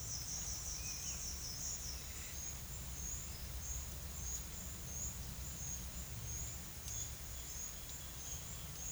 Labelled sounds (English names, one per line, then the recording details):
none
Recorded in secondary vegetation near Puerto Asís, Putumayo, Colombia, on 29 June 2025 at 12:00
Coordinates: 0.498, -76.327
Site GP09